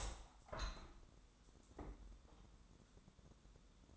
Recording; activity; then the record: daily activity, microphone in the room; open window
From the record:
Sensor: 3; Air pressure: 1000.5 hPa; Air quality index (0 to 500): 132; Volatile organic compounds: 2 ppm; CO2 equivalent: 1147 ppm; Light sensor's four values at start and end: 13/35/14/15 and 14/36/14/16